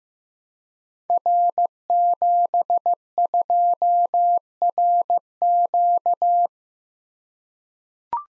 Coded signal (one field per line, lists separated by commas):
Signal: Morse code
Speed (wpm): 15 wpm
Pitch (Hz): 700 Hz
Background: none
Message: R72RQ